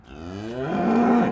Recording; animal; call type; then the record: contact call of a hoofed animal; cattle; low-frequency (closed-mouth) or high-frequency (open-mouth) call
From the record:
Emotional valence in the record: positive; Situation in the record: visual reunion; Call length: 1.32 s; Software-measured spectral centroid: 1240 Hz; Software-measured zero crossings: 1130 a second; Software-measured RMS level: -22 dBFS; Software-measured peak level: -9 dBFS